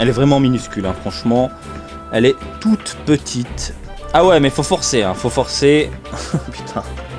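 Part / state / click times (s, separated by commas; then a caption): figure part onto figure body or peg / not seated / none. Someone talks over background music while handling a small plastic part of a Dragon Ball Super Soul X Soul Goku Black figure, the head or body, and forces it onto its peg on the figure body. Nothing has seated or clicked yet.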